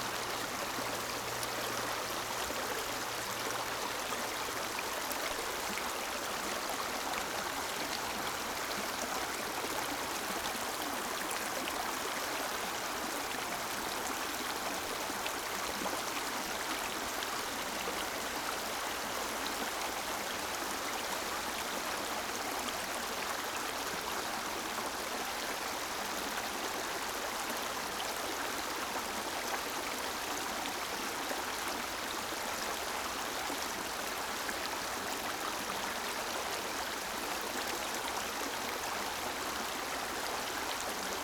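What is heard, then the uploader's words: A stream rushes steadily and close by, a dense, bright hiss of running water that holds even throughout, with a faint low hum early on. Gentle Calming Stream Ambience.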